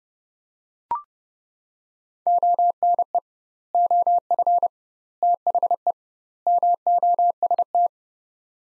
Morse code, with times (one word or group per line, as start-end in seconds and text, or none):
2.3-3.2 ONE
3.7-4.7 OF
5.2-5.9 THE
6.5-7.9 MOST